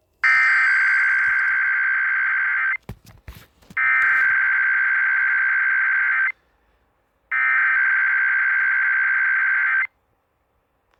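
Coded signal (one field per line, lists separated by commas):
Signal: Emergency Alert System (SAME) tones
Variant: header bursts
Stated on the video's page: Required weekly test relayed on radio station WJON and on 1360 AM KWWJ.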